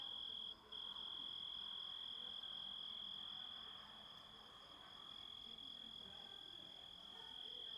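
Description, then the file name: Grasshopper call: a high, even trill with a short gap early on, growing slightly softer midway before steadying again, over gentle background noise. Composite of several sounds. "engisprettur samsett hljo rit"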